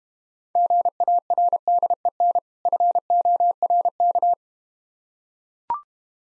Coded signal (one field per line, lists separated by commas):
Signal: Morse code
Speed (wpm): 32 wpm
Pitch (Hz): 700 Hz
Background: none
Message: GARDEN FORK